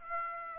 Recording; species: mosquito wingbeat signal from an infrared sensor; Aedes aegypti